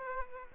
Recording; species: mosquito wingbeat signal from an infrared sensor; Aedes aegypti